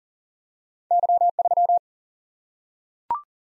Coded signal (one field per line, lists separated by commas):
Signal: Morse code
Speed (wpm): 40 wpm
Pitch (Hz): 700 Hz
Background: none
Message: Y3